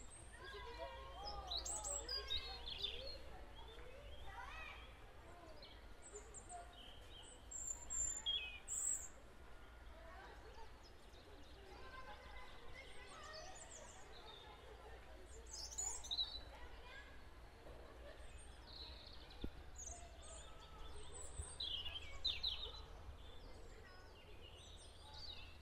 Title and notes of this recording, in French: ambiance oiseaux. Des petits oiseaux gazouillent